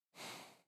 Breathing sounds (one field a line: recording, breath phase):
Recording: one breath near a microphone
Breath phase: exhalation